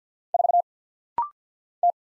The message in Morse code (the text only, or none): 4 T